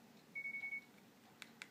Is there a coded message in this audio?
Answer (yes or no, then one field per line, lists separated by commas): no